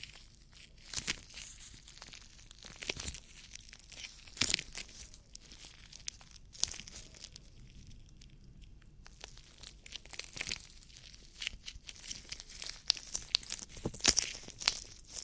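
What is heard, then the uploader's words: Ear cleaning sounds: dense, irregular crinkling and scratchy rustling, with sharp crackling bursts near 1, 3, 4.5, 6.5, 10.5 and 14 seconds. The texture stays busy and bright throughout, thinning into a quieter, softer stretch around 8 to 9 seconds. ASMR Relaxing Ear Cleaning & Ear Attention [NO TALKING].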